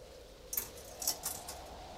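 Coins are fed into a payphone as the caller's small change is running out: four or so sharp, bright metallic clinks arrive at uneven intervals over a low, steady hum, with no one speaking.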